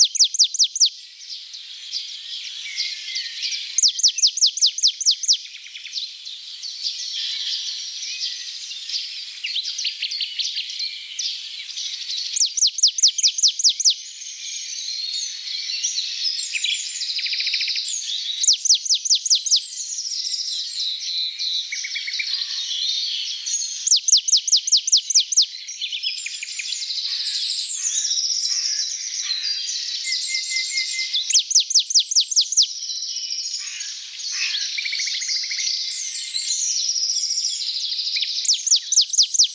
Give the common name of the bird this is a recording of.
Marsh Tit